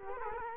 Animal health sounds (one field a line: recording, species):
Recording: mosquito wingbeat signal from an infrared sensor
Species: Culex quinquefasciatus